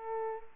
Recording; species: mosquito wingbeat signal from an infrared sensor; Culex pipiens